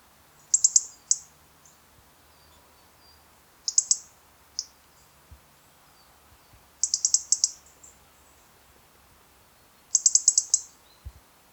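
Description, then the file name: European robin giving very high, thin, clustered notes in four short bursts spaced a few seconds apart, against faint low background noise. "Erithacus rubecula"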